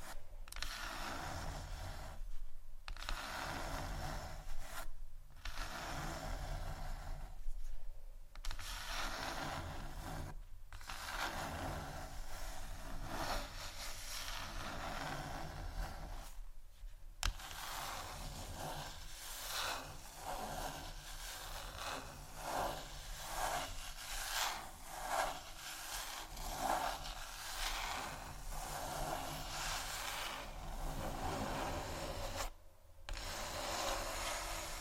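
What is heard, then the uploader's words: Continuous scratching and rubbing on a table surface, a dense, gritty texture that keeps going with only brief gaps near 3, 5, 8, 11, 17 and 33 seconds. After about 18 seconds the strokes turn into quicker, more regular scrapes, roughly one per second. Tap & Scratch On Table Surfaces.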